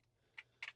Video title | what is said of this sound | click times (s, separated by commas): Gun Store Junk Pile | and then the mag should just click into place right there. | 0.4 s, 0.6 s